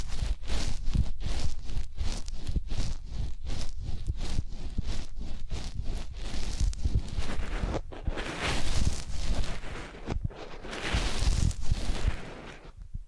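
Massage sounds: quick, regular rubbing or tapping strokes for about eight seconds, then slower, smoother swishing brushes with brief pauses between.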